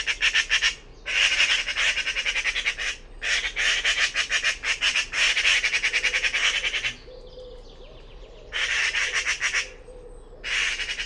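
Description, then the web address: Bird giving harsh, rasping calls in rapid pulsed bursts of varying length, separated by short pauses, with a faint thin whistle in one gap. "cianscape birddata Deverinetal"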